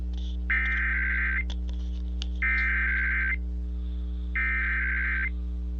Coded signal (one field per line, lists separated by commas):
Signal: Emergency Alert System (SAME) tones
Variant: header bursts